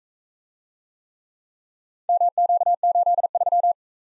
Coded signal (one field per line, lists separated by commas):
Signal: Morse code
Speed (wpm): 43 wpm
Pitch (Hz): 700 Hz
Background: none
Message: MQ83